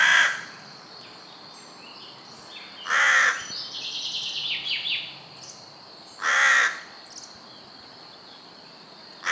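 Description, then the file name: Carrion crow giving hoarse caws roughly every three seconds, four in all, while a smaller bird chatters briefly between them. "Corvus corone"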